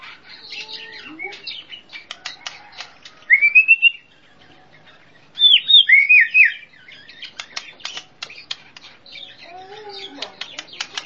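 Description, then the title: Bird song of chattering clicks broken by clear rising whistled slurs and quick rolling phrases. Described as a complete 'masteran' birdsong compilation. "Kicau Burung Masteran Lengkap"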